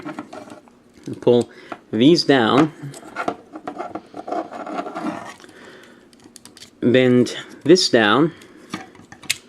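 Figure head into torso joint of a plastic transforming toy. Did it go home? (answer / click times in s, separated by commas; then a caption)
yes / 9.3 s. The head of a plastic transforming toy is pulled up out of its torso joint while someone talks, with handling clicks and scrapes of plastic parts along the way. The head clicks into its raised position at 9.3 s.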